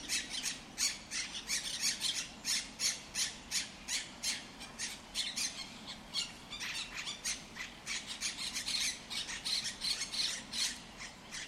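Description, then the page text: Monk parakeets chattering with a continuous stream of harsh, rasping squawks, nearly three per second, some overlapping. Monk Parakeets in El Retiro park, Madrid, Spain; said to be the largest population in Europe. "Cities and Memory - remixing the world. Monk parakeets in Madrid. Madrid has the greatest population of Monk Parakeets in Europe, many of whom can be seen and heard in the El Retiro park"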